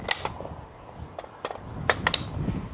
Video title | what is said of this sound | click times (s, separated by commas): New PSA "Krink" in depth review! | it clicked in it's not wobbly okay it worked | 1.9 s